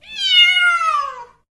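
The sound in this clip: Cat giving one long, clear meow that holds steady and then slides slightly downward in pitch before fading, lasting just over a second, with nothing else heard.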